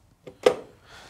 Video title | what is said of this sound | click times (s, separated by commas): Vinaigrette, Ep. 19 | You heard that actually click into place. | 0.5 s